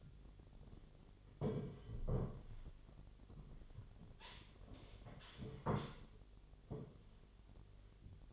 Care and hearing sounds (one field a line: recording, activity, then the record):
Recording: daily activity, microphone in the room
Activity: sit down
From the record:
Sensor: 4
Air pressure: 1008.6 hPa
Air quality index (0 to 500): 171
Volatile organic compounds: 5 ppm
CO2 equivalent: 1716 ppm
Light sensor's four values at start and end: 23/72/27/26 and 23/72/27/26